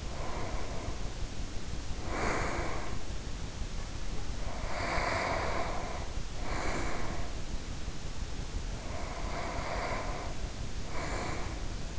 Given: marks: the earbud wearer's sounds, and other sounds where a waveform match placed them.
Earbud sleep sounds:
sounds in sleep by an in-ear microphone; breath
0.00-3.18 s: breath
4.38-7.50 s: breath
8.70-11.98 s: breath

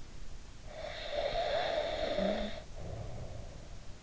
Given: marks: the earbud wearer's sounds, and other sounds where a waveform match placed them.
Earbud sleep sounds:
sounds in sleep by an in-ear microphone; snoring breath
0.55-3.72 s: snoring breath

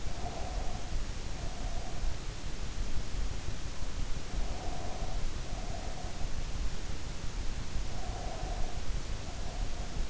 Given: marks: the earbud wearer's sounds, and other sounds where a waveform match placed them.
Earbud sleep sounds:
sounds in sleep by an in-ear microphone; breath
0.00-2.14 s: breath
4.29-6.24 s: breath
7.96-10.10 s: breath

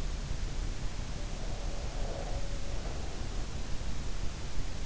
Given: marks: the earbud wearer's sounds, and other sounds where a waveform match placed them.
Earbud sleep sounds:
sounds in sleep by an in-ear microphone; breath
0.89-3.62 s: breath

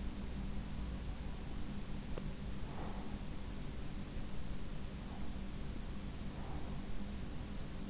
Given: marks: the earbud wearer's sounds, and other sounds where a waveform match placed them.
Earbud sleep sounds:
sounds in sleep by an in-ear microphone; breath
2.55-3.35 s: breath

